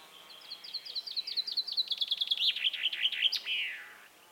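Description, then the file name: Common chaffinch singing a rattling series of high notes that drops in pitch, ending with a sharp upward flick and a buzzy flourish. "Fringilla coelebs"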